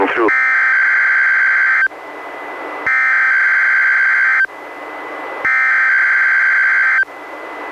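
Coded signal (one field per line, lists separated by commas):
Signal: Emergency Alert System (SAME) tones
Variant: header bursts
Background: speech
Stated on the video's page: Weekly test issued by the weather service, relayed by a NOAA Weather Radio station, recorded from a weather radio receiver through an audio recorder.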